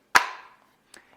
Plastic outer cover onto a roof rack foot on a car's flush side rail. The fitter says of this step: Now you can go ahead and put the outer cover back into place. It just clicks into place.